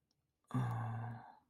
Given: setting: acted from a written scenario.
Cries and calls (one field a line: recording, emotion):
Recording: vocal sound without words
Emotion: sadness